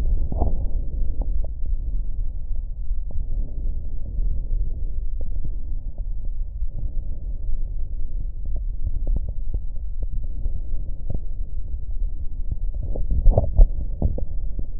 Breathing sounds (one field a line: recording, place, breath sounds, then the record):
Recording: lung sounds by stethoscope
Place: left posterior upper chest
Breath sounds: normal breath sounds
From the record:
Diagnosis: none (healthy)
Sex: male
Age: 31 years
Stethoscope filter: extended mode, 50 to 500 Hz